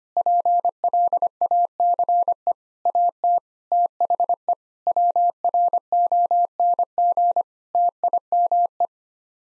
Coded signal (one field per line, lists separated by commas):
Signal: Morse code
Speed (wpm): 25 wpm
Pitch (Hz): 700 Hz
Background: none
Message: PLACE AT THE WRONG TIME